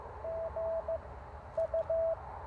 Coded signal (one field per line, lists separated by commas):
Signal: Morse code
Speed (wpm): 17 wpm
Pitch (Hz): 650 Hz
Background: none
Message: GU